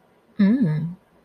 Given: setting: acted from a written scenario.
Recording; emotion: vocal sound without words; desire